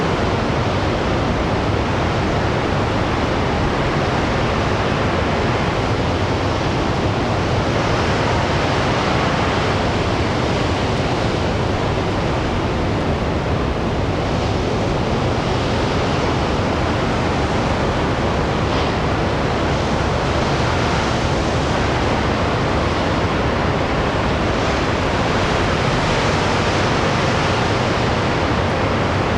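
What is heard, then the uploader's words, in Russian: Storm waves pound the rocky coast in a dense, constant roar, with gentle swells of loudness every few seconds and no quiet gaps. Штормовые волны с обрыва | Атлантический океан. Перенеситесь на скалистые обрывы Оркни, на самой оконечности Шотландии, где Атлантический океан с удивительной силой накатывает на древнее побережье.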